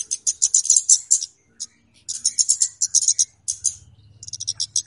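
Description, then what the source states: Flowerpecker calls: clusters of very high, sharp chips separated by brief silences. Clear calls used as a lure for catching birds; Indonesian names kemade and cabe-cabean.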